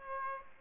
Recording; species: mosquito wingbeat signal from an infrared sensor; Aedes aegypti